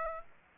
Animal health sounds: mosquito wingbeat signal from an infrared sensor; Aedes aegypti

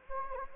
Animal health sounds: mosquito wingbeat signal from an infrared sensor; Anopheles gambiae

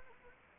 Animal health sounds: mosquito wingbeat signal from an infrared sensor; Anopheles arabiensis

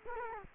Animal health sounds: mosquito wingbeat signal from an infrared sensor; Culex quinquefasciatus

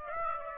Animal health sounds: mosquito wingbeat signal from an infrared sensor; Aedes aegypti

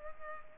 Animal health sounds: mosquito wingbeat signal from an infrared sensor; Culex pipiens

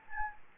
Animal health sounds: mosquito wingbeat signal from an infrared sensor; Anopheles gambiae

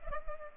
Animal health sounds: mosquito wingbeat signal from an infrared sensor; Culex pipiens

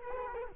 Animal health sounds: mosquito wingbeat signal from an infrared sensor; Culex quinquefasciatus

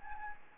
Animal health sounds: mosquito wingbeat signal from an infrared sensor; Anopheles gambiae

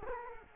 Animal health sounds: mosquito wingbeat signal from an infrared sensor; Culex quinquefasciatus

